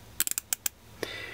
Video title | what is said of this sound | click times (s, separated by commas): Zip Ties: 19 Uses & 5 Tricks for Survival | and so as the piece goes in you can hear the clicking | 0.2 s, 0.3 s, 0.4 s, 0.5 s, 0.7 s